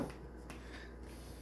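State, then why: Not seated. The flap snap fastener of a WW2 .45 pistol ammo pouch is handled over its stud on the pouch, with a brief soft tick near 0.5 s over a steady low hum. Nothing has snapped into place or seated yet.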